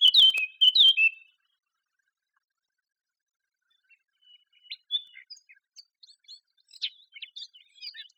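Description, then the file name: Eurasian blackcap with two loud, clear whistled notes at the start, then silence and a quieter stretch of soft, scattered twittering. "Sylvia atricapilla"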